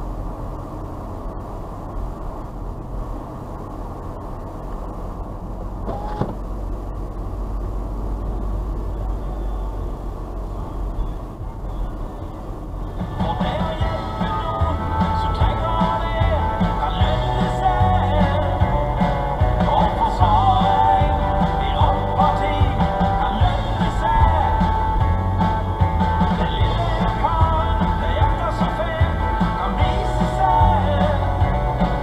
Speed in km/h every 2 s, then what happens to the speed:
29, 31, 32, 34, 33, 31, 32, 34, 34, 33, 33, 33, 33, 34, 34, 36.
0-32 steady at about 33.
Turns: none.